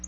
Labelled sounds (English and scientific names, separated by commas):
Black-throated Blue Warbler (Setophaga caerulescens) flight call